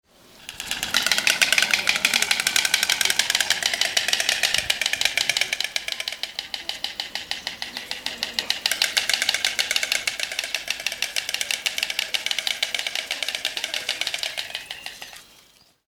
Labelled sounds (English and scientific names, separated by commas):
White Stork (Ciconia ciconia)